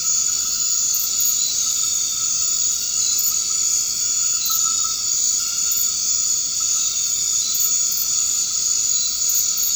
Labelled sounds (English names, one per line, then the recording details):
none
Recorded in dense forest near Puerto Asís, Putumayo, Colombia, on 24 March 2025 at 22:00
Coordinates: 0.485, -76.318
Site G056